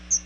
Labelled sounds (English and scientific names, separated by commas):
Chestnut-sided Warbler (Setophaga pensylvanica) flight call